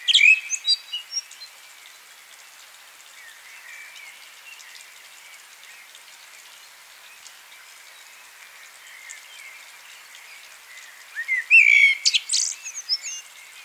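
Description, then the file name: Common blackbird giving high, thin chirping calls in short bursts at the start and again near the end, with quiet faint twittering between. "Turdus merula"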